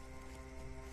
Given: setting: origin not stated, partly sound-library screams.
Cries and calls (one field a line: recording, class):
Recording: one-second piece from a danger detection set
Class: normal situation